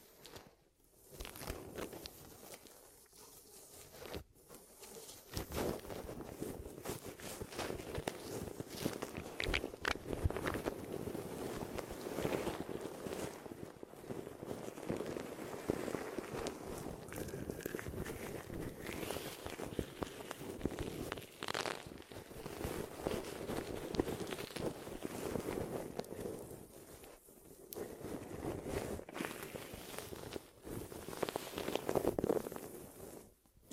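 Glue ear massage and cleaning: a dense, muffled rubbing and scraping that runs almost continuously, thick in the low-middle range with crackly clicks and pops scattered throughout. The sound drops out briefly near the start, around 4 seconds, and again near 28 seconds.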